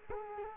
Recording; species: mosquito wingbeat signal from an infrared sensor; Culex quinquefasciatus